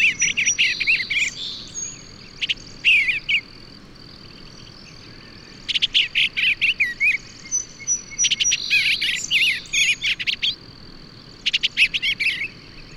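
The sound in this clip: Bird delivering long bouts of rapid chirps and warbles, broken by quiet gaps, while a constant high insect drone continues in the background.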